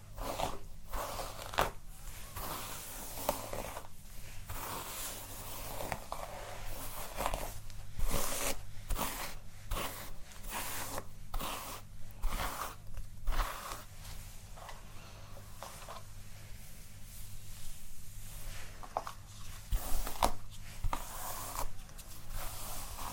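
Dry brushing and scratching through hair, a steady run of bright rasping strokes with short pauses between them, coming roughly every second. A low hum sits underneath throughout, and the strokes grow louder and denser around eight and twenty seconds.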